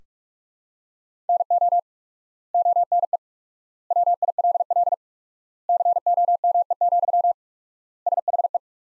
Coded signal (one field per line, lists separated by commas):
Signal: Morse code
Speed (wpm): 44 wpm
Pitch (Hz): 700 Hz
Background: none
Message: NO ONE WILL COME, SHE